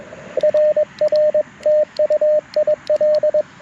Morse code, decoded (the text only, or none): RR TU IL